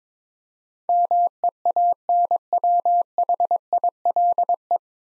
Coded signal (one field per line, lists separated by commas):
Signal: Morse code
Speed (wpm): 22 wpm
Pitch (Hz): 700 Hz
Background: none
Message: MEANWHILE